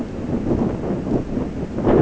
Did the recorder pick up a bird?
no